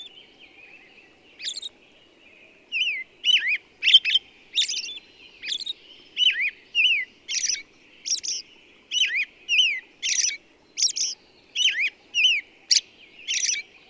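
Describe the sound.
Bird chirps start sparse and soon settle into a brisk run of curved whistled notes with high ticks, close to two a second, over near-silent background.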